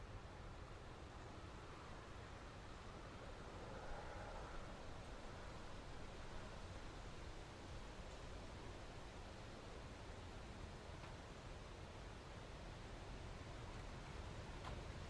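Wind sweeps steadily across open ground, a dense, even rush that stays at nearly the same level for the whole stretch. The roar sits heaviest in the low range with a softer hiss above, a slight swell near four seconds, and faint clicks late on.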